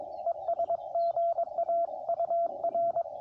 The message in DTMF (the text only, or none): none